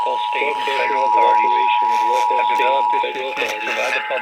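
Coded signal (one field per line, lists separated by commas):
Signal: Emergency Alert System (SAME) tones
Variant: 853 and 960 Hz attention tone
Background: speech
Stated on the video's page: North Carolina EAS Required Monthly Test received on radio stations and a TV station.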